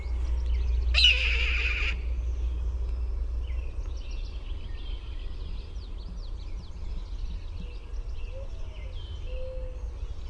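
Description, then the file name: Red-tailed hawk with one hoarse scream early on, followed by scattered chirps of other birds over continuous low-frequency rumble. "RTHA scream"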